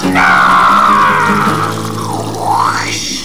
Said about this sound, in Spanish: Una pastilla que tenía y en un movimiento extraño, lanzó el agua directamente a la cara del presidente y cachifrulo. ¡Más agua! ¡Más agua!